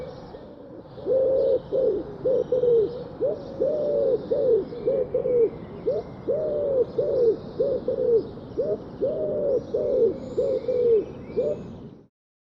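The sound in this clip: Bird giving low, soft cooing notes in a steady run of short hooting phrases for about eleven seconds.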